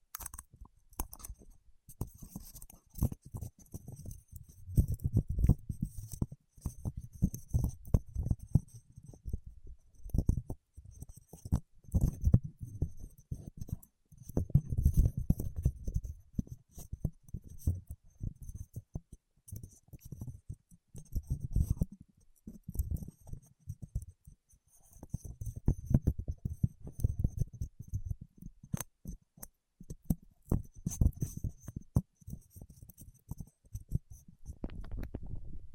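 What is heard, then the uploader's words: Wax-coated fingertips tap and rub in dense, irregular bursts of soft, low thuds and sticky clicks, with short pauses every few seconds. A faint, steady hiss sits high above throughout, and occasional sharper ticks stand out. ASMR with Wax Fingertips for Sleep (No Talking).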